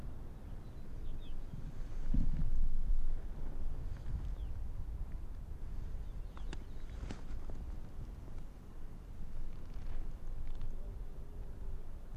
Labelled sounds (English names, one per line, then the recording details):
Arctic Fox
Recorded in the wild
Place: Insel Mednyi, Kommandeur-Inseln, RU
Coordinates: 54.5167, 168.083
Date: 1999-07-26 19:50
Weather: 12°C, heiter, mäßiger Südwestwind
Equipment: Sony WM-D6C, Sennheiser ME 80, K 30 AV, Windkorb, Kopie Tascam DA 30
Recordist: Jakupi, Antje